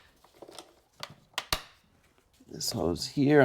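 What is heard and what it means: On a 2004-2007 Ford Freestar, the spring clips on the air filter box lid are snapped shut onto the air filter housing after the bottom of the box is locked in. A few light ticks come first, then two sharp snaps at 1.4 and 1.5 seconds as the clips close and seat, and someone talks afterward.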